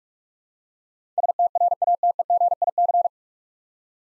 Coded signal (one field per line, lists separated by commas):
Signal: Morse code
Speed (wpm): 46 wpm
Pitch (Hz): 700 Hz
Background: none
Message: STRATEGIC